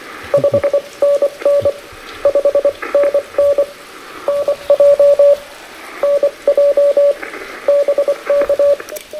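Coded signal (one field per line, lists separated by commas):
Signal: Morse code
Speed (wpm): 26 wpm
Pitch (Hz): 570 Hz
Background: radio noise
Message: 5NN 5NN NJ NJ BK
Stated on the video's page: QRP Parks on the Air activation on a rainy day, sent with a Vibroplex Original Deluxe bug on an Elecraft K2 into an AX3 antenna.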